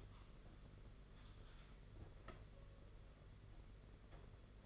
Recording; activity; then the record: daily activity, microphone in the room; typing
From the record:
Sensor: 4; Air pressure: 992.6 hPa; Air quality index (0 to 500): 137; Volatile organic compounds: 62 ppm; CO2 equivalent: 3435 ppm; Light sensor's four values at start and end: 19/66/24/25 and 19/66/24/25